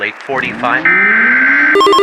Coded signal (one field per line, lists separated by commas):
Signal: Emergency Alert System (SAME) tones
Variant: header bursts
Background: speech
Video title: MOCK EAS TORNADO EMERGENCY ABILENE TX